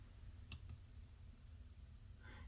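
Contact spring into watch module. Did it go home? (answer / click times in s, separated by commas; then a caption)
yes / 0.5 s. Using tweezers, a small metal contact spring is pressed with gentle but firm force into its hole in a Casio G-Shock GW-9400 watch module being modified with a positive display; its tail keeps it from going in smoothly. A sharp, bright click is heard at 0.5 s as the spring seats, followed by a much fainter tick at 0.7 s over quiet low background noise.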